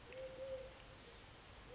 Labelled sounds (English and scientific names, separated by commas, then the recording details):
Eurasian Collared Dove (Streptopelia decaocto)
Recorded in Sonoma County, California